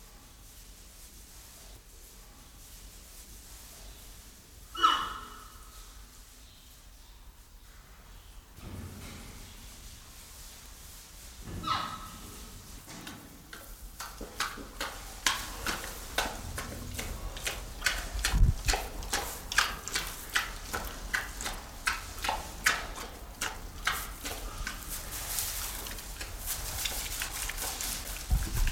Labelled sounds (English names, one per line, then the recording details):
Red River Hog
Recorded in captivity
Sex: diverse
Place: Zoo Berlin, Berlin, DE
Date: 1996-02-24 12:46
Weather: heiter, -6°C
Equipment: Sony WM-D6C, Sennheiser ME 80, Kopie Uher 4000 Report Monitor
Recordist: Tembrock, Günter